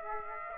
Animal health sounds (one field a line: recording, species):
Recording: mosquito wingbeat signal from an infrared sensor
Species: Aedes aegypti